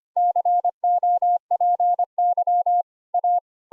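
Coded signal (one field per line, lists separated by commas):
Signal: Morse code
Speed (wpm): 25 wpm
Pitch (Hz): 710 Hz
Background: none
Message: COPY A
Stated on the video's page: Morse code audio contact sent over IP through the Wire desktop app.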